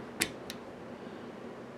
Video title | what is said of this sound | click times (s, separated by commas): Leatherman Skeletool Review & Fix | and it locked right in okay you can see the lock is closed in there perfectly okay | 0.2 s